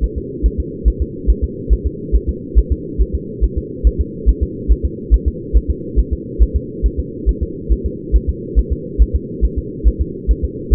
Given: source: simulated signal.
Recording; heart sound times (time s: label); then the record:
fetal heart sounds
0.04 s: S1
0.18 s: S2
0.46 s: S1
0.60 s: S2
0.88 s: S1
1.02 s: S2
1.30 s: S1
1.44 s: S2
1.73 s: S1
1.86 s: S2
2.15 s: S1
2.29 s: S2
2.58 s: S1
2.72 s: S2
3.01 s: S1
3.15 s: S2
3.44 s: S1
3.58 s: S2
3.87 s: S1
4.01 s: S2
4.29 s: S1
4.43 s: S2
4.71 s: S1
4.85 s: S2
5.14 s: S1
5.28 s: S2
5.57 s: S1
5.70 s: S2
5.99 s: S1
6.13 s: S2
6.42 s: S1
6.56 s: S2
6.86 s: S1
7.00 s: S2
7.29 s: S1
7.43 s: S2
7.72 s: S1
7.86 s: S2
8.16 s: S1
8.29 s: S2
8.59 s: S1
8.73 s: S2
9.02 s: S1
9.15 s: S2
9.45 s: S1
9.58 s: S2
9.88 s: S1
10.01 s: S2
10.31 s: S1
10.45 s: S2
10.74 s: S1
From the record:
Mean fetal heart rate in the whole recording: 140 bpm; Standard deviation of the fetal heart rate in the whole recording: 2 bpm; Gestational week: 34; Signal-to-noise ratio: -4.1 dB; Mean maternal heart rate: no maternal heart sound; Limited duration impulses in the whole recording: absent